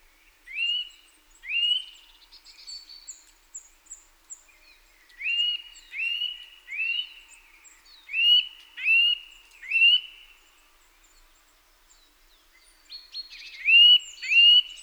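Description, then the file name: Eurasian nuthatch calls: loud rising whistled notes, given singly or in runs of two or three at irregular intervals, with faint high chirps between them. "Sitta europaea"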